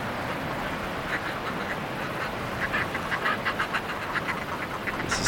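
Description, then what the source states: Northern fulmars cackling at a busy colony, a run of short harsh notes building through the second half over a steady rushing background. Fulmars coming back to their nests at a cliff seabird colony on Handa Island, Scotland.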